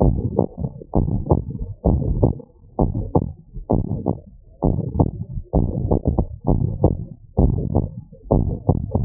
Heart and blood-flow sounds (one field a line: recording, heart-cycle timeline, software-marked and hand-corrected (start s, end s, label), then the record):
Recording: heart sounds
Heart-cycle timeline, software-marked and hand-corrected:
0.00	0.03	diastole
0.03	0.17	S1
0.17	0.23	systole
0.23	0.33	S2
0.33	0.97	diastole
0.97	1.09	S1
1.09	1.13	systole
1.13	1.23	S2
1.23	1.87	diastole
1.87	2.05	S1
2.05	2.19	systole
2.19	2.33	S2
2.33	2.81	diastole
2.81	2.91	S1
2.91	2.97	systole
2.97	3.07	S2
3.07	3.71	diastole
3.71	3.83	S1
3.83	3.91	systole
3.91	4.01	S2
4.01	4.69	diastole
4.69	4.83	S1
4.83	4.95	systole
4.95	5.07	S2
5.07	5.63	diastole
5.63	5.75	S1
5.75	5.85	systole
5.85	5.99	S2
5.99	6.59	diastole
6.59	6.73	S1
6.73	6.83	systole
6.83	6.93	S2
6.93	7.43	diastole
7.43	7.59	S1
7.59	7.71	systole
7.71	7.83	S2
7.83	8.33	diastole
8.33	8.45	S1
8.45	8.51	systole
8.51	8.59	S2
8.59	9.04	diastole
From the record:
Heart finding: abnormal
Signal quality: good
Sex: female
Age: 64 years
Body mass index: 23.8